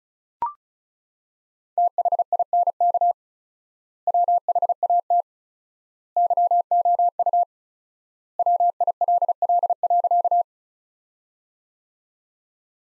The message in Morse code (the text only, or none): THINK WHAT YOU WILL.